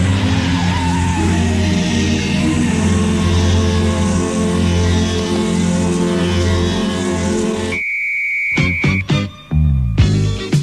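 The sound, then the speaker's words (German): A car engine roars and tires squeal in a loud, sustained burst for about eight seconds, then it cuts off abruptly, leaving a brief steady tone and a few sharp clicks. “Gut, starte dein Regenbogenauto.”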